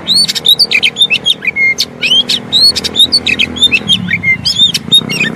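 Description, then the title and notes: Oriental magpie-robin singing busy, varied whistled phrases in quick succession, bright and high-pitched, over a soft low background hum. Long-duration filler song (isian) for training kacer to sing actively (gacor) day and night. "Kacer Jadi Gacor Siang Malam. Isian Kacer Durasi Panjang"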